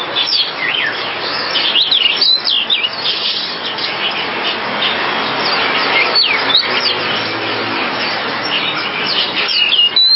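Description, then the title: Java sparrow chirping: a busy stream of quick high chirps and looping notes, fairly continuous throughout, with a hissy background. "kicau gelatik"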